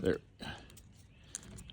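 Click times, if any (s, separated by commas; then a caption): 1.3 s. A Bosch windshield wiper blade's locking cover is pressed onto the wiper arm hook of a 2019 F250 while someone talks. A sharp click is heard at 1.4 s, but the blade is only partly latched and not fully clicked home.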